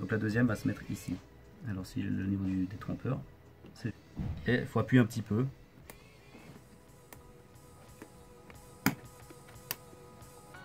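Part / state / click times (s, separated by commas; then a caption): RAM module into motherboard memory slot / seated / 8.9 s, 9.7 s. A second RAM stick is pressed down into a motherboard DIMM memory slot while someone talks over background music. The plastic retention clips snap shut with sharp clicks at 8.9 s and 9.7 s, showing that the module is seated correctly.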